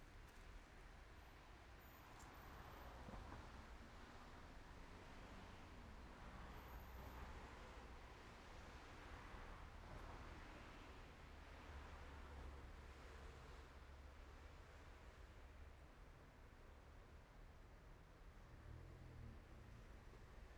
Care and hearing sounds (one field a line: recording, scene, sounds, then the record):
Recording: everyday scene through a hearing-aid microphone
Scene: in traffic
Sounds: traffic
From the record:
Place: main road on the outskirts, rush hour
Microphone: behind the ear, right, front